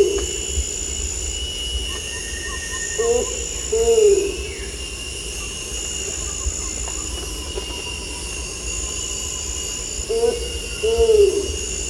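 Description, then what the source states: Bornean ground cuckoo with two doubled low hoots about seven seconds apart, each note swelling and fading, beneath a continuous shrill insect chorus. Recorded at Danum.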